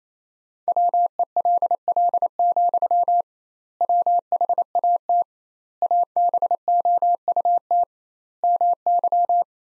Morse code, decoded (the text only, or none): WELL, WHAT ABOUT MY